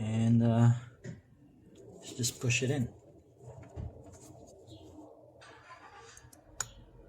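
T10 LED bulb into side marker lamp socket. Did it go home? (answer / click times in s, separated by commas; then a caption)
yes / 6.6 s. A T10 LED wedge bulb is pushed into the side marker light socket of a pickup truck while someone talks, followed by quiet handling and faint clicks. At 6.6 seconds the bulb seats in the socket with a single sharp snap.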